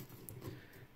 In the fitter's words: and then you go clunk and it'll lock into place.